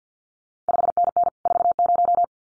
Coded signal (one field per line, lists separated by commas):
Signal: Morse code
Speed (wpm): 50 wpm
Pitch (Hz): 700 Hz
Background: none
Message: 5NN 40